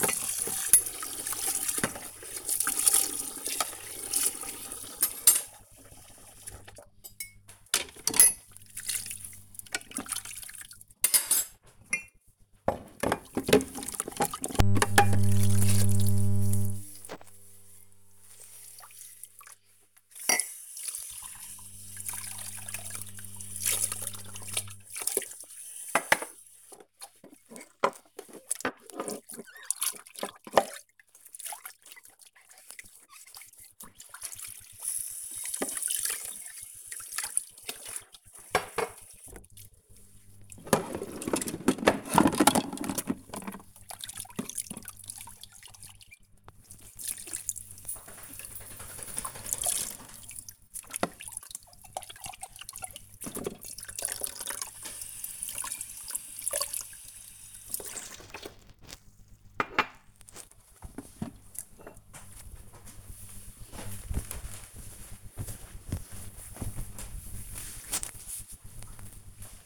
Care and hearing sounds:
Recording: household activities, microphone on the right wrist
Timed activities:
0.00-60.86 s: washing dishes

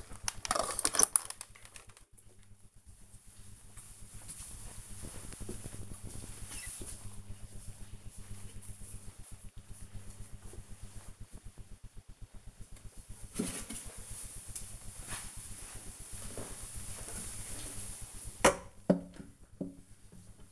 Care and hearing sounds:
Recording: household activities, microphone on the right wrist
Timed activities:
12.22-20.51 s: watering plant

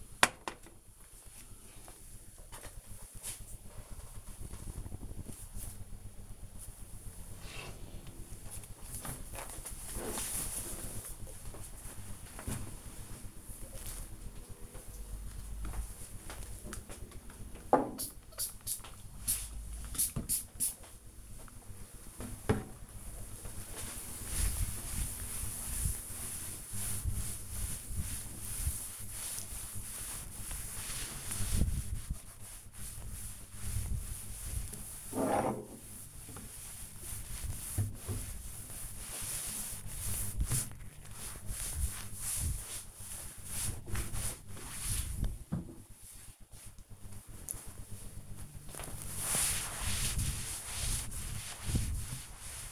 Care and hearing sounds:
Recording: household activities, microphone on the right wrist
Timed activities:
16.63-52.72 s: cleaning table

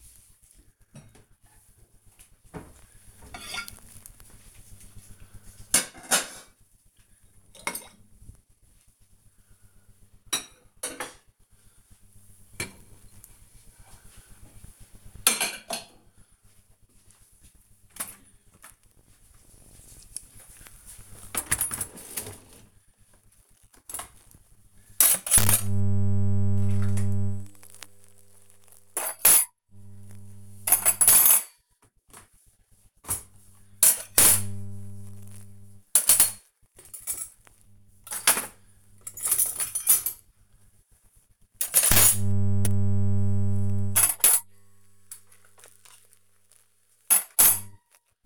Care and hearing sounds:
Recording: household activities, microphone on the right wrist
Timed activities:
0.00-48.25 s: cleaning out the dishwasher

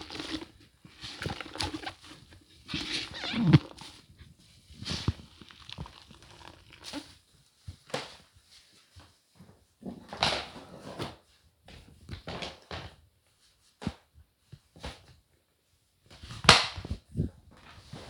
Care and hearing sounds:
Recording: household activities, microphone on the right wrist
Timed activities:
0.00-18.10 s: floor cleaning

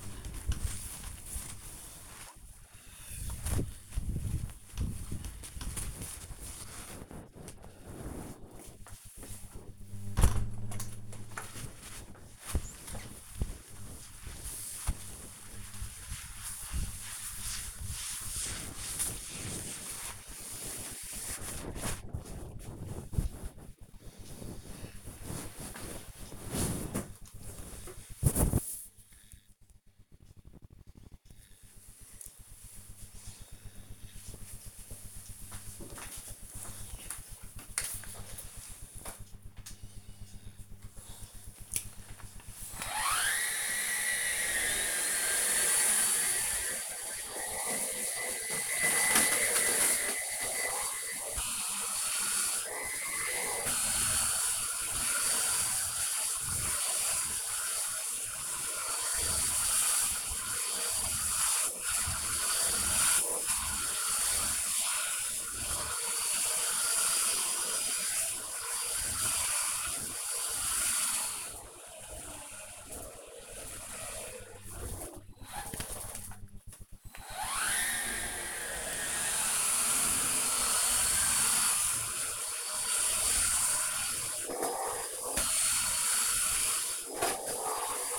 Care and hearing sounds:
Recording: household activities, microphone on the right wrist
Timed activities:
0.00-23.24 s: window cleaning
40.37-88.19 s: vacuum cleaning

